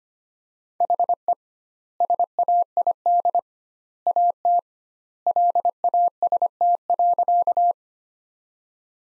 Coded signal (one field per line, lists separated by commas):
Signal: Morse code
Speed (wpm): 25 wpm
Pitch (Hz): 700 Hz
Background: none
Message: HE SAID AT LAST.